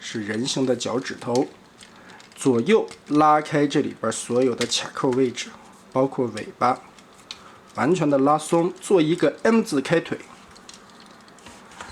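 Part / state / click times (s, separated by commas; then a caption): plastic tail clip coming out of the figure's body / released / 7.3 s. Someone talks while pulling apart the clip joints, including the tail, of a plastic Transformers NA robot dinosaur Sludge figure during its transformation. A single sharp tick at 7.3 s is heard as the plastic tail clip pops out of the figure's body, releasing it.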